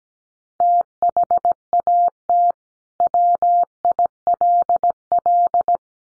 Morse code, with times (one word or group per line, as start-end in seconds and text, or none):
0.6-2.5 THAT
3.0-5.8 WILL